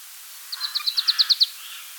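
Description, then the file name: Marsh tit giving a fast burst of nine clipped high notes that grows louder. "Poecile palustris"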